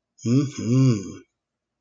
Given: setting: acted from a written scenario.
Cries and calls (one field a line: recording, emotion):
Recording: vocal sound without words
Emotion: desire